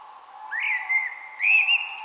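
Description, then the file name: Common blackbird giving a short, mellow whistled phrase, followed by a second rising note and the start of a thin, high ending. "Turdus merula"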